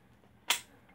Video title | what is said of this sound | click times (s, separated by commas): Tagged: favorite bushcraft item | got a really nice click the retention is really really good sorry for that slapping around in the back | 0.5 s